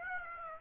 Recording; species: mosquito wingbeat signal from an infrared sensor; Aedes aegypti